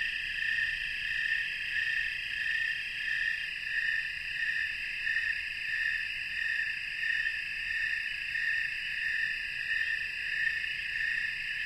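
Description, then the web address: Snowy tree cricket chorus of high, ringing chirps keeping a regular synchronized rhythm of roughly ninety beats per minute. Chorus of many crickets, North America. "Natures Songs N America Songs of Insects -Snowy Tree Cricket chorus"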